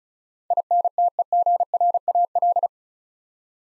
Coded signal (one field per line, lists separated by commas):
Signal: Morse code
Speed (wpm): 36 wpm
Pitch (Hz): 700 Hz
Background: none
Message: INTEGRAL